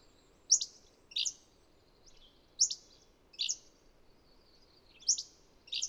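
Bird chirping, loud high notes alternating with slightly softer ones at irregular intervals, with faint hiss.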